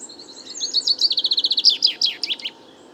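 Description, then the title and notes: Chaffinch song: a single phrase of rapid repeated notes, closing with a varied flourish. Woodland park, 16 February 2019; first song of the year after fine weather; song somewhat confused, weaker than typical, babbling; courtship song toward females nearby; Nagra recorder, mono parabolic microphone. "Premier Pinson des arbres 2019. Bois de Vincennes - 16 février 2019"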